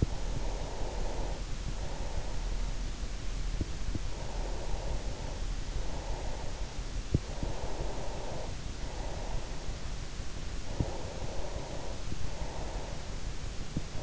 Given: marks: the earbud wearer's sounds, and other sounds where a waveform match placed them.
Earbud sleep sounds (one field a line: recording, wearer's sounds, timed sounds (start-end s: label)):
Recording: sounds in sleep by an in-ear microphone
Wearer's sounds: breath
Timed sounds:
0.11-2.71 s: breath
3.62-9.86 s: breath
10.90-13.63 s: breath